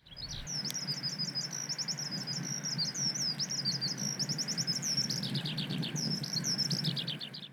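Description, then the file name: Eurasian skylark song, a continuous run of rapid high chirps and trills, warbling without pause throughout, over a low steady rumble. "hibari"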